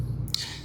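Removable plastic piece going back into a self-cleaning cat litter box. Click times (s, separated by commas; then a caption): 0.3 s. A removable plastic piece of a UAHPET stainless steel self-cleaning automatic cat litter box, which is tricky to get back in, is lined up and pushed down into the box. Over a steady low hum, two sharp clicks land close together at about 0.3 s, the second much louder. The piece snaps into place.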